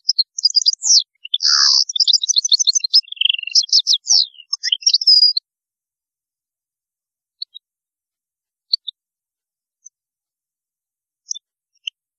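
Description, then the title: European goldfinch song of rapid twittering and buzzy trills for about five seconds, then mostly quiet with occasional single high chirps. "Chant Chardonneret"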